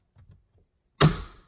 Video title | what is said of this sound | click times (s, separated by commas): 2018 2019 2020 Honda Accord - before going to the dealer... | and you have to push pretty hard you're going to hear it pop | 1.0 s